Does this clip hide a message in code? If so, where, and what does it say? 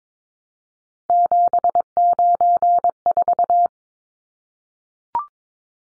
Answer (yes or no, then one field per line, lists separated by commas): yes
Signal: Morse code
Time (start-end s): 1.1-3.7 s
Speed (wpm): 22 wpm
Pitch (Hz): 700 Hz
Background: none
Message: 794